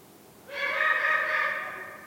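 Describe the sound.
Eagle-owl call: a single hoarse, drawn-out harmonic wail lasting over a second, steady in pitch, then fading, with no other sounds.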